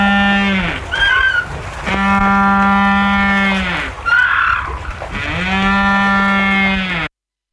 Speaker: It is a Humboldt penguin.